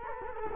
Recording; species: mosquito wingbeat signal from an infrared sensor; Culex quinquefasciatus